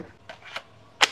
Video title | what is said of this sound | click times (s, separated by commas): Gerinda cas Brushless KEELAT KAG006 power mantap bisa atur kecepatan | Oke, seperti itu sampai bunyi klik. | 1.0 s